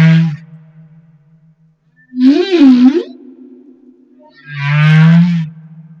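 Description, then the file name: Humpback whale song: a low steady moan, a wavering harmonic unit and broad, buzzy upper units. Madagascar. "Humpback Whale - Madagascar Whale One"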